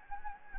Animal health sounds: mosquito wingbeat signal from an infrared sensor; Anopheles gambiae

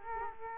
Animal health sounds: mosquito wingbeat signal from an infrared sensor; Culex quinquefasciatus

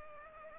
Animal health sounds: mosquito wingbeat signal from an infrared sensor; Culex pipiens

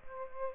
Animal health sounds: mosquito wingbeat signal from an infrared sensor; Aedes aegypti

